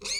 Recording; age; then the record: pig call; weaner (32 to 43 days)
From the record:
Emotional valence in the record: negative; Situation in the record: novel object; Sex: female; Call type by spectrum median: high-frequency call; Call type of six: high-frequency stable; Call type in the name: high-frequency stable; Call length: 0.20 s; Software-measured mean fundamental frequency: 213 Hz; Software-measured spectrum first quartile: 3514 Hz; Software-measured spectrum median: 4589 Hz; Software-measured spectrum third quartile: 6455 Hz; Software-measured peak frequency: 4259 Hz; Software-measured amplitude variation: 114 dB a second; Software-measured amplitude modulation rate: 20.0 a second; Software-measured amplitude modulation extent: 5.7 dB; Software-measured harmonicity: 6.4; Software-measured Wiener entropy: -2.50